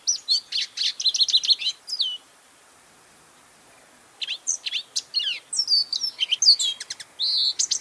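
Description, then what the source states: Lesser Goldfinch song, two bursts of quick, high twittering and slurred chirps separated by a two-second silence, the second burst longer. Song; small, beloved resident of the Southwest; recorded by Paul Marvin, Macaulay Library at the Cornell Lab of Ornithology.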